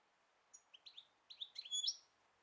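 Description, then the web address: Bird chirps: a short series of high slurred notes that grows quicker and louder, ending in a bright whistled flourish over faint background hiss. "Deverinetal"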